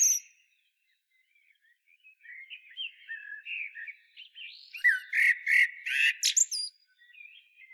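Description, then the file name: Common blackbird song: quiet rambling whistled notes build into a louder phrase of rich warbles and sharp, squeaky high chirps, then trailing soft notes. "Turdus merula"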